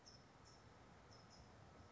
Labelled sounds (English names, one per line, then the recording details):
California Towhee
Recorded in Sonoma County, California